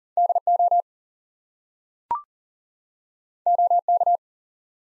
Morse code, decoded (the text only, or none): DO OK